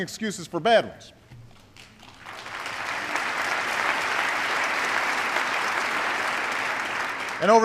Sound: applause

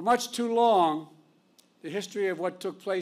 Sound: none

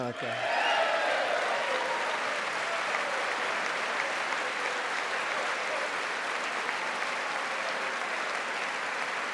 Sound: applause

